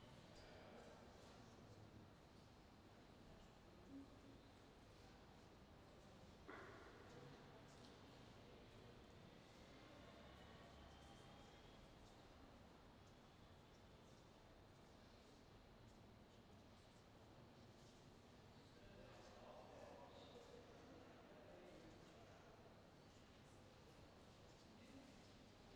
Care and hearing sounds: everyday scene through a hearing-aid microphone; reverberant space; background noise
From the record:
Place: railway station hall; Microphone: in the ear canal, left

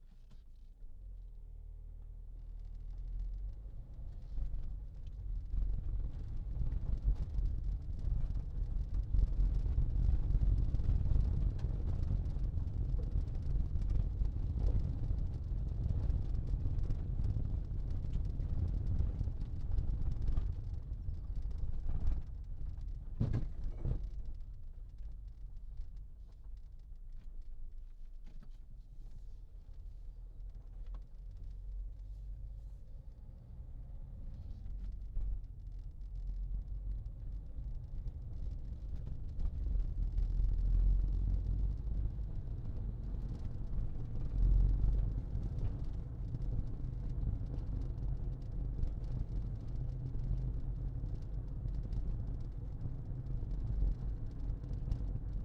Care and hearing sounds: everyday scene through a hearing-aid microphone; in a vehicle; engine, rumble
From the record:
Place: Berlingo II, diesel engine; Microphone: in the ear canal, left

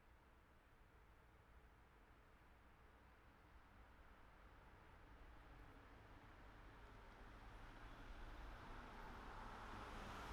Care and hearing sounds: everyday scene through a hearing-aid microphone; in traffic; traffic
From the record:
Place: city secondary road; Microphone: behind the ear, right, rear

